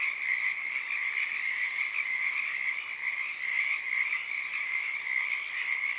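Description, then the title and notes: Pacific tree frogs calling en masse, an unbroken, slightly wavering rattling chorus that stays loud all the way through. Wild chorus starting and stopping, field recording, Oaks Bottom Wildlife Refuge, Portland, Oregon, USA, morning of Friday April 7 2023; calling uncommon at that time of day. "Oaks Bottom Frogs. Friday April 7th, 2023 at one of my favorite places in the universe: Oaks Bottom Wildlife Refuge, Portland, Oregon USA. This is the chorus of the Pacific Tree Frog starting and stopping. Field Sound"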